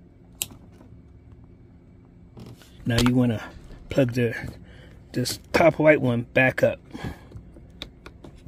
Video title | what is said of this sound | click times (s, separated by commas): Tesla speaker activation | so goes on the bottom push into it clicks | 0.4 s